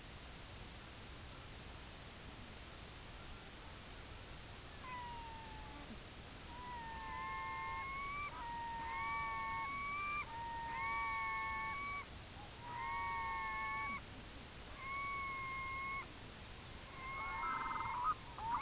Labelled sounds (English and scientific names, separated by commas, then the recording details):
unidentified sound, Red-throated Loon (Gavia stellata)
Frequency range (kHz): Red-throated Loon (Gavia stellata) 0.2-3.5 kHz
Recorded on Arctic tundra, site IGLO-A, on 24 June 2018
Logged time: 23:59